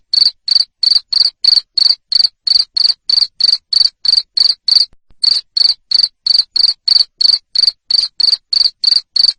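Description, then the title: Cricket chirping loudly, short pulsed chirps repeated about three times a second in a steady run, with one brief pause midway. Loud cricket chirping, used to stimulate lovebirds to sing continuously. "Suara JANGKRIK NGERIK Keras Bikin LOVEBIRD Jadi NGEKEK Terus Vubey"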